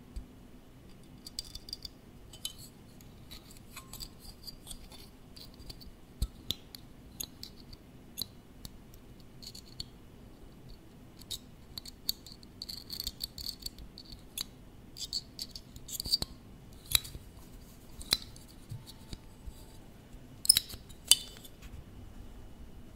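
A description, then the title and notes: Close-up tapping on small hard office objects, a scattered run of sharp clicks and light clinks with a glassy, metallic ring. Taps come irregularly throughout, growing busier and louder after about fifteen seconds, over a low steady hum. Close-up Tapping & Tracing Office Objects. Gusti was at the office and he found a lot of interesting objects to tap or to trace on.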